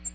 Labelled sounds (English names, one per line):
American Redstart flight call